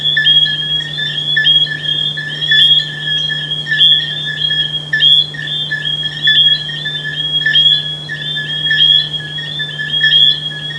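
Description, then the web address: A chorus of frogs producing high, whistle-like notes in overlapping bursts, while a low hum continues throughout. "humbot audio frogs"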